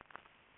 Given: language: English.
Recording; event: throat vibration sensor signal played as sound; swallow